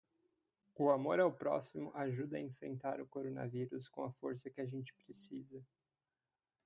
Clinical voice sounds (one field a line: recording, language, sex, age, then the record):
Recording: spoken sentence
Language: Brazilian Portuguese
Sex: male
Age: 20 to 29 years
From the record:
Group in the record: control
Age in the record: 22 years